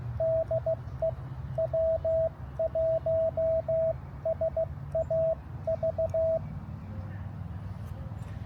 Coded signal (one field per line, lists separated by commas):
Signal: Morse code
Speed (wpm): 16 wpm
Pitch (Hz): 650 Hz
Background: radio noise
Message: DE W1SAV